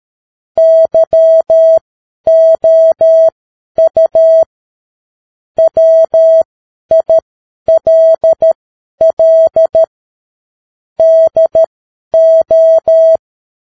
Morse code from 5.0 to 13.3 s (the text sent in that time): WILL DO